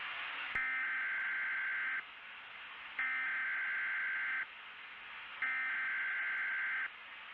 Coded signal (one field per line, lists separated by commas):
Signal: Emergency Alert System (SAME) tones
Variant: header bursts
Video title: EAS Scenario Reactions